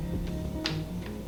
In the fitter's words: There's the click. There's the click.